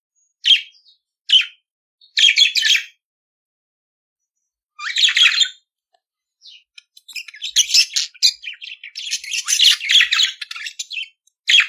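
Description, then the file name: Budgerigar song with a few sharp chirps, a buzzy burst, then a long run of fast, scratchy chattering and squeaky notes building toward the end. "Canto do periquito australiano"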